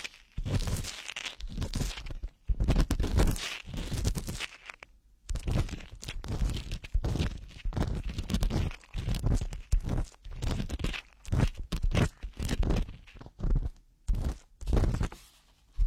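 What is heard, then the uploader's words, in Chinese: Ear cleaning, heard as dense, crackling scratches and rustles that come in uneven bursts of a second or two. Brief silent gaps break the scraping, near 2.5, 5 and 14 seconds, and the gritty texture stays bright and crunchy throughout. 掏耳朵。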